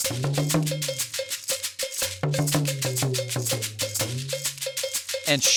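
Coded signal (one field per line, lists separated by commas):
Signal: talking drum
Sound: fast rhythmic drum strokes with low pitches bending up and down, shaker-like hits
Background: percussion ensemble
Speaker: so let's say the chief wanted to call the people together for a town meeting he would say master drummers call the people for a meeting bring them to the center of the village and you might hear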